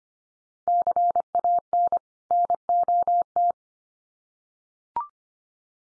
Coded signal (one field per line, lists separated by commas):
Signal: Morse code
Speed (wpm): 25 wpm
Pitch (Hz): 700 Hz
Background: none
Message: CAN NOT